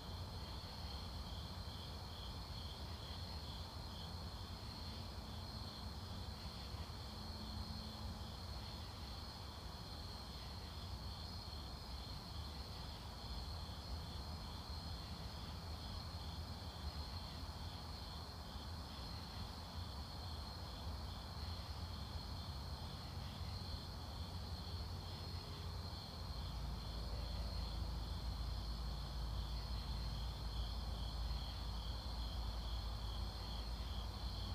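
An outdoor fall night: a steady chorus of insects trills high and bright throughout, with a faint regular pulsing. Underneath, a low rumble of traffic or a passing train persists and grows heavier after about 26 seconds.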